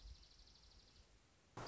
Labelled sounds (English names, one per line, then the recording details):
Dark-eyed Junco
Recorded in Sonoma County, California